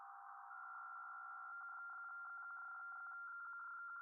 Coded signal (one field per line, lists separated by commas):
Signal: PSK63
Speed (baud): 62.5 baud